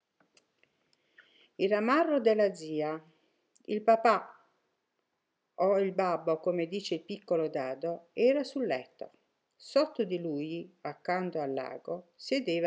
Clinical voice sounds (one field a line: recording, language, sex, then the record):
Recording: read passage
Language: Italian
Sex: female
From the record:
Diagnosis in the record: healthy control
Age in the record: 63 years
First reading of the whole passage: 70 s, 6.7 characters per second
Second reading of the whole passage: 71 s, 6.6 characters per second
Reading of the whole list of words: 45 s, 6.3 characters per second